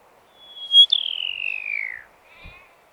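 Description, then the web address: Pipit call: one high, thin whistle leading into a drawn-out, slightly buzzy note that falls in pitch, followed by a faint short sound. "animal-sound pipit-sound"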